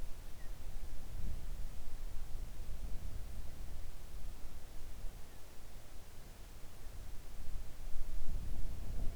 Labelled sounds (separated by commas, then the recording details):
wind
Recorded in the Arctic National Wildlife Refuge, Alaska, on 3 August 2019 at 05:12
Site 41